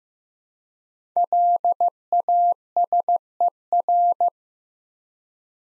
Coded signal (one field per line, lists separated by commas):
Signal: Morse code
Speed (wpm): 15 wpm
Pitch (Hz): 700 Hz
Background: none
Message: LASER